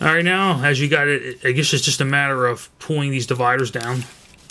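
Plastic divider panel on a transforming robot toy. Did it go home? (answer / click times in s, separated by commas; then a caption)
no / none. Someone talks while handling a Transformers MasterPiece MP-17 Prowl knockoff robot toy, about to pull its plastic divider panels down during transformation. Brief, faint handling ticks come near the end, but nothing has seated or clicked into place yet.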